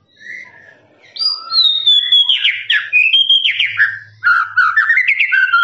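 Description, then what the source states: Lovebird song, a quiet start building into a long rapid trilling chatter of squeaky notes that keeps going. Long trilling "ngekek" song of a lovebird, used as a master recording for training birds.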